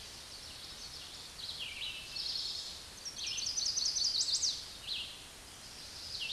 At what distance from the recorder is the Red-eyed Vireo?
about 30 m